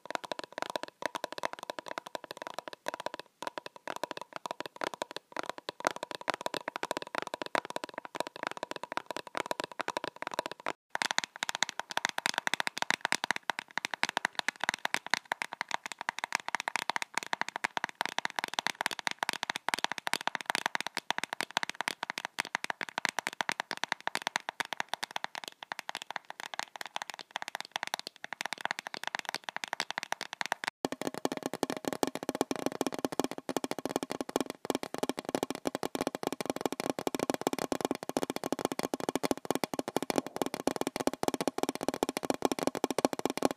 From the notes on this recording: Tapping various objects— mostly plastic, with one glass and one ceramic— at a medium speed.